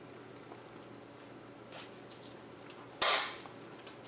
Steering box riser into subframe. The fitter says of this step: you go just snaps in place